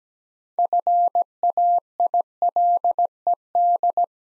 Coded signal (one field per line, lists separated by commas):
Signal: Morse code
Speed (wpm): 17 wpm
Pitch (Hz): 700 Hz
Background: none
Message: FAILED